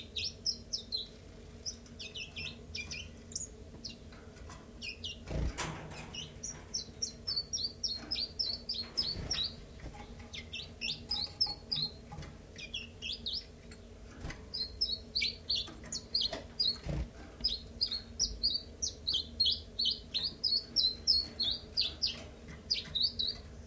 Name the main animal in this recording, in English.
Common Chiffchaff